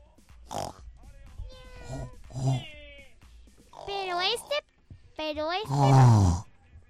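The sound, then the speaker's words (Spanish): A voice imitates animal noises: a series of wavering, high-pitched meows followed by a loud, low grunting pig snort, with harmonic bursts rising and falling across several seconds. “unos alienígenas que en vez de patas, tentáculos, ni siquiera tenían un solo pelo y aparte no ladraban, sino maullaban y hacían ruidos de cerdo.”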